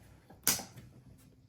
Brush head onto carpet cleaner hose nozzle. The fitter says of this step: and you heard the click that is the fully assembled little green